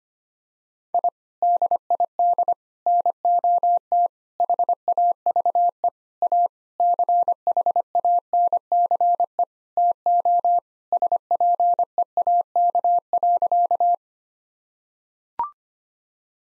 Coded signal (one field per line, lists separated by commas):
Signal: Morse code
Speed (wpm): 25 wpm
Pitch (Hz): 700 Hz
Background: none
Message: I DID NOT HAVE A CHANCE TO SPEAK.